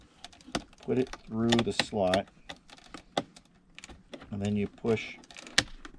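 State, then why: Seated. A door latch cable is put through the slot of a door handle latch, and a plastic claw cable retainer is pushed forward over it while someone talks and small ticks and taps of handling are heard. The retainer snaps over the cable and seats with a sharp click at 5.6 seconds.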